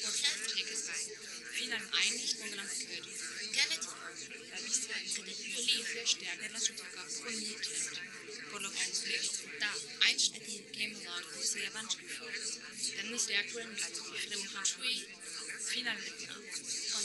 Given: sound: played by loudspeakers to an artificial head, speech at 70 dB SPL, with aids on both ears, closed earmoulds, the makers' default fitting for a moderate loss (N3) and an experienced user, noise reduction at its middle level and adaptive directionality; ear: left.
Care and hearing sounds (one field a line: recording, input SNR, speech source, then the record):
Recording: speech test signal (ISTS) in cocktail-party noise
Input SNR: -6 dB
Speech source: in front (0 degrees)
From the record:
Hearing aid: class 1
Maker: H